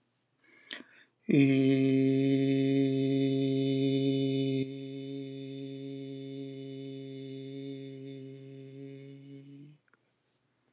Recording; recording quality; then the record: sustained vowel as in beet; excellent, no background noise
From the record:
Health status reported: exposed to COVID-19, no respiratory illness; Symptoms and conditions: hypertension, diabetes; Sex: male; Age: 49 years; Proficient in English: yes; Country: United States